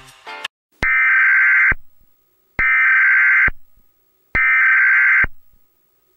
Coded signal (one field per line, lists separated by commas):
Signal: Emergency Alert System (SAME) tones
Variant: header bursts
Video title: EAS Mock: Three Mile Island Power Plant Meltdown (Requested)